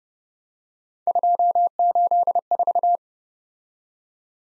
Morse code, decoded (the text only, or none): 284